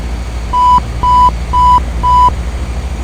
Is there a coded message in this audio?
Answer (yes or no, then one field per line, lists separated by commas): no